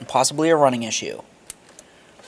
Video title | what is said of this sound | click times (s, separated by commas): How to Replace Camshaft Position Sensor 2006-2011 Honda Civic | There's our click. | 1.5 s